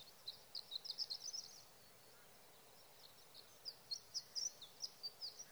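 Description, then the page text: Sage thrasher song of quick, high, warbling notes in two bursts separated by a short lull, against soft background noise. Male singing at night near his night roost, evenings of June 12 to mornings of June 15, 2018, Sierra Valley, California; night songs; recorded with a Swift recorder. "Sage thrasher songs, through the night."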